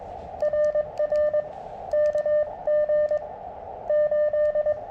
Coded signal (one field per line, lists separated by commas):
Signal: Morse code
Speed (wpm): 22 wpm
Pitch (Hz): 600 Hz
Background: none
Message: RR KG8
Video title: QRP CW POTA at Filmore Glen State Park